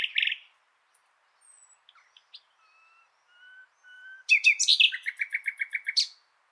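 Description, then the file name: Common nightingale song: a burst of notes, soft pure whistles held level, then a loud rapid rattling trill of repeated buzzy notes lasting about two seconds. "Luscinia megarhynchos"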